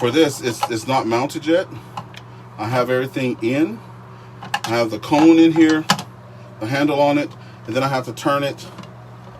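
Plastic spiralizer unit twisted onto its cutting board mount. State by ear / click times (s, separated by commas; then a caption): not seated / none. Someone talks while handling a plastic Tupperware spiralizer unit, with the cone and handle fitted, that is being turned to twist-lock onto its plastic cutting board mount. Brief handling sounds are heard between the speech. It is not mounted yet, and nothing has seated or clicked by the end of the clip.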